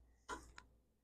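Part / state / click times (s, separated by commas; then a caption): clutch control lever locking over center on a garden tractor / seated / 0.6 s. A forward clutch control lever on a Gravely Model L garden tractor is pushed over center after its inboard jam nut has been moved closer to the spring. A broad burst of movement noise begins around 0.3 s. The lever then locks in with a sharp snap at 0.6 s, seating perhaps a little too hard.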